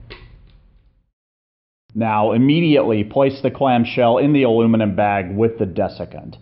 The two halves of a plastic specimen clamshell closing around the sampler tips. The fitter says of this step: press them together until you hear a click